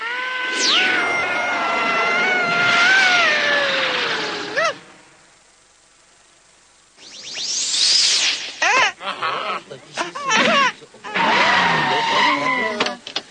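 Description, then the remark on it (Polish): A car's tires screech loudly in a long skid with wavering, sliding pitches as it nearly runs someone over in a town with pedestrian crossings, then fall silent; after a pause, another burst of harsh squealing and scraping follows. “Co robisz? Byłbym cię przejechał.”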